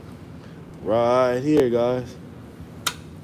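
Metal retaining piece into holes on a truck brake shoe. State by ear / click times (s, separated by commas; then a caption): seated / 2.9 s. A metal retaining piece, a fitting on a truck brake shoe, is pushed until it locks into two small holes on the shoe. Someone talks from about 0.8 to 2.1 seconds. A sharp click at 2.9 seconds marks the piece seating in place.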